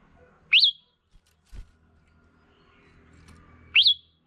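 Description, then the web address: Red-whiskered bulbul calls: two single sharp rising-and-falling notes about three seconds apart, with a soft thud between them. Female bird. "tieng chao mao mai. tieng dong vat"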